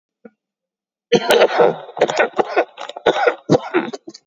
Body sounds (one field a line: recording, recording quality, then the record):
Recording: shallow voluntary cough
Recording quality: excellent, no background noise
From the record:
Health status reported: COVID-19 positive, mild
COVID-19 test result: positive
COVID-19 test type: RT-PCR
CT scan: taken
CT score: 11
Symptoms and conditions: cough, cold, muscle pain, loss of smell and taste, diabetes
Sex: male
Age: 76 years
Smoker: no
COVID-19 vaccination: none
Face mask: worn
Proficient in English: yes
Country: India